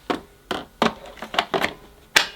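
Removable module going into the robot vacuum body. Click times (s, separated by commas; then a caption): 2.2 s. A removable module is pushed back into the body of a brand-new Eufy E20 3-in-1 combo robot vacuum, with stiff fitting put down to the machine being new. Several plastic knocks are heard from about 0.5 s onward, ending in a sharp, loud click at 2.2 s as the module clicks into place.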